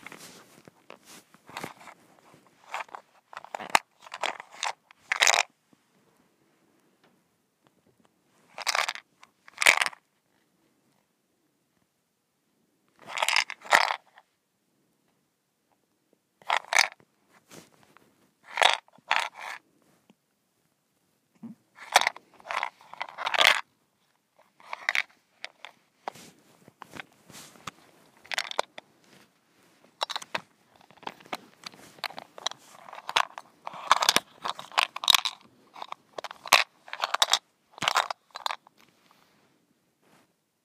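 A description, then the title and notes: A mint shaker rattles in short, bright bursts separated by silent pauses, the shaking growing quicker and more continuous toward the end. ASMR: Mint Shaker.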